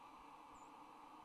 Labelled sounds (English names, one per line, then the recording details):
White-throated Sparrow flight call
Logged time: 07:26 on 26 November 2014